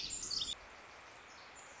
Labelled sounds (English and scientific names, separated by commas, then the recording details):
Pacific Wren (Troglodytes pacificus)
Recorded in Sonoma County, California